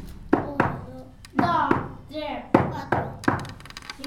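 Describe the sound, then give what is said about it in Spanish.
Seven sharp knocks on a door in an uneven, coded rhythm, like the special knock once used to enter a convent, with short clusters of raps separated by brief pauses. Each hollow thud rings out briefly before the next. “Entonces, para saber que el que venía a tocar la puerta era del convento, tenía que tocar de una manera especial.”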